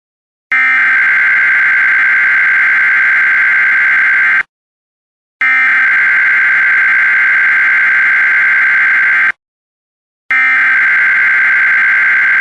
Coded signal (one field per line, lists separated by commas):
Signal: Emergency Alert System (SAME) tones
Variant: header bursts